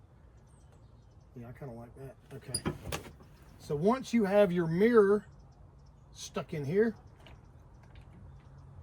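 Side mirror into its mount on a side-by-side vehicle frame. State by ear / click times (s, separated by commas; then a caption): not seated / none. A side mirror is being handled and pushed into its mount on the frame of a 2025 Polaris RZR XP 4 1000 Sport side-by-side and set to the wanted angle while someone talks. Two faint, brief taps come near the end, but the mirror has not clicked into place yet.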